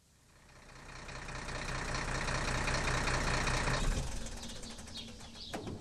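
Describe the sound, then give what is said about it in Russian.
A truck drives through a gate, its engine rumbling up steadily and holding a heavy, broad roar, then dropping off to a low idle as it stops beside concrete blocks blocking the road, ending with a short sharp squeak. “Грузовик проехал ворота и остановился возле бетонных блоков, перегораживающих дорогу.”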